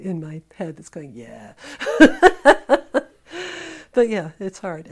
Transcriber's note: laughter